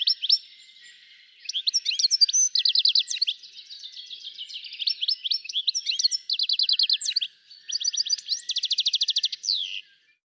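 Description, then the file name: European goldfinch giving a nearly continuous stream of high, tinkling twitters mixed with fast buzzy trills, pausing briefly near the start and end. "Carduelis carduelis"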